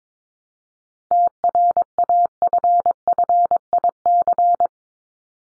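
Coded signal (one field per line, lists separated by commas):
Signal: Morse code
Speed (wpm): 22 wpm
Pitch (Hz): 700 Hz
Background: none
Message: TRAFFIC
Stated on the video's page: Head-copy drill of common words at 22 wpm; each word is sent in Morse, spoken, then sent again.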